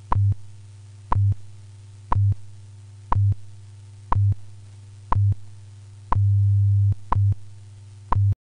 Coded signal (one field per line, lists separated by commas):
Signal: radio time signal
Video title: WWV Special Announcement #5 WWVB Upgrades-Over-Modulated | Signal Phantom